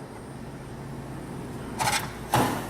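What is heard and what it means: An oven door is held and lined up so its two hinges rest over the two pins of a Turbochef High h Conveyor oven, a slightly tricky step before it is slid into place. A low steady hum runs underneath, with two short scraping, sliding bursts of handling at about 1.8–2.0 s and 2.3–2.5 s. Nothing has seated or clicked yet.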